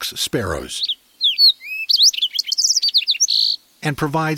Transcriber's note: Fox Sparrow song